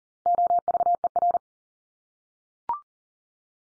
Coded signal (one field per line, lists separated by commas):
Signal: Morse code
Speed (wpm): 40 wpm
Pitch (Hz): 700 Hz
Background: none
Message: OVER